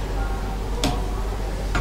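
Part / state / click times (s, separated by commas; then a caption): objective lens on a microscope revolving nosepiece / seated / 0.8 s. A microscope's revolving nosepiece is turned to bring an objective lens into position, and it clicks into place at 0.8 s with a short, sharp tick. A second, similar tick follows at about 1.8 s over a steady low background hum, and the objective ends up seated.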